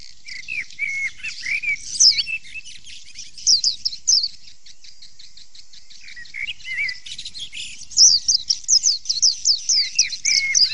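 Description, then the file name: White-eye song: busy, high chattering phrases of rapid slurred notes, a quieter stretch midway, then a fast run of descending twitters. Song used as audio therapy for cage birds. "audio-terapi-pleci-7-omkicau"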